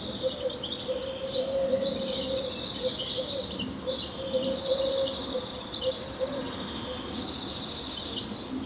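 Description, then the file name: European goldfinch twittering steadily, soft high jingling notes running on, over a noticeable low steady hum. "Carduelis carduelis"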